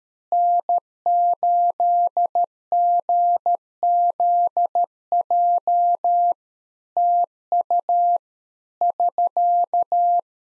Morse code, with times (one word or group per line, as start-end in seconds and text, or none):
0.3-6.3 N8GZJ
7.0-8.2 TU
8.8-10.2 <SK>